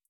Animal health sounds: hydrophone in a shrimp aquaculture tank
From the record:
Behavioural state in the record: feeding

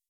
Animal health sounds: hydrophone in a shrimp aquaculture tank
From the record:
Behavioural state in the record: weakened

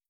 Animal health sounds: hydrophone in a shrimp aquaculture tank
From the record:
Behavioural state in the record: starved

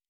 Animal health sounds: hydrophone in a shrimp aquaculture tank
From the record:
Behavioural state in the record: normal

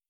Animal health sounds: hydrophone in a shrimp aquaculture tank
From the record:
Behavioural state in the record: stressed

